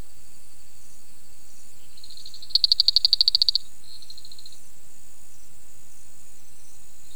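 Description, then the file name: Banded spiny reed frog giving one burst of rapid high-pitched clicks, about a dozen pulses in one second, with a faint high buzz before and after. "Afrixalus vittiger"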